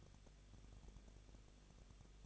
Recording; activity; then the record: daily activity, microphone in the room; no activity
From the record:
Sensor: 4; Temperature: 23.1 degrees Celsius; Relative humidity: 34.0%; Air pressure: 1007.2 hPa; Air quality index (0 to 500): 216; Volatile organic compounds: 15 ppm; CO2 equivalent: 2490 ppm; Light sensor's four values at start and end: 2/3/1/1 and 2/3/1/1